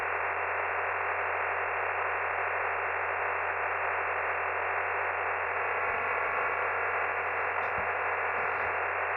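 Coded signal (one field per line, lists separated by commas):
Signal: digital SSTV (DRM)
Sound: steady wideband hiss-like data roar filling the whole clip, no breaks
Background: low mains hum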